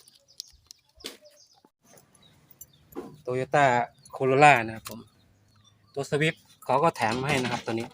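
A fog lamp bulb and its socket are handled at the lamp housing opening during a do-it-yourself fog lamp kit install on a Toyota Corolla, with small handling ticks and taps near 0.4, 0.7, 1.1 and 2.6 seconds. Someone talks through the second half. The socket has not yet seated or clicked into the housing.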